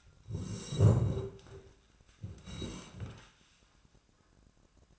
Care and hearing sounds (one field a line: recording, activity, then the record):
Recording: daily activity, microphone in the room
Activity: sit down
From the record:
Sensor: 2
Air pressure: 1012.1 hPa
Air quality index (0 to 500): 157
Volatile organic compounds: 2 ppm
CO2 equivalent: 1155 ppm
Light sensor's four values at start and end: 37/93/41/46 and 68/156/71/83